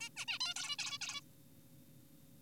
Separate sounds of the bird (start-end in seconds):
0.01-0.09, 0.17-0.25, 0.28-0.39, 0.41-0.54, 0.56-0.76, 0.79-0.98, 1.01-1.21